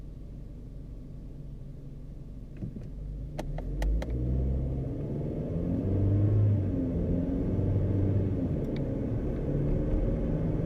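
Inside a car on the motorway, a steady low engine and road rumble fills the cabin, growing a little louder and fuller after about four seconds as the car accelerates. A few sharp clicks sound near three to four seconds, with fainter ones later.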